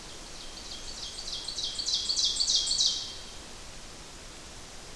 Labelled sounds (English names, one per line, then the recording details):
Ovenbird song
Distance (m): 15 m
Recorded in boreal forest in Alberta, Canada, on 8 June 2016 at 05:58
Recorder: SongMeter 3, array SBT-3-9
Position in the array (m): 97 m, 99 m
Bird 34